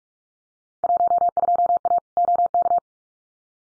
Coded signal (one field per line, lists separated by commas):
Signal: Morse code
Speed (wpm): 46 wpm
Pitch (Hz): 700 Hz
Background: none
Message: 12A OK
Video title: Field Day Exchange Encore 45wpm